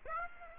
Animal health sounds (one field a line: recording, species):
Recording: mosquito wingbeat signal from an infrared sensor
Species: Aedes aegypti